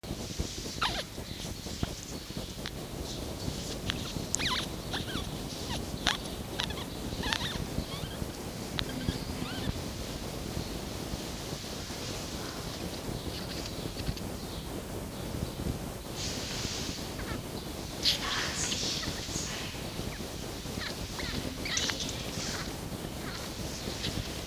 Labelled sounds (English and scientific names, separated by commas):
Red Fox (Vulpes vulpes)